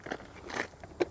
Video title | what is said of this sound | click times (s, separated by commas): Is The 2023 Four Winds 28A The Perfect Class C RV For Families? | love having this feature and it stores right in here just as easy as you took it out locks into place | 1.0 s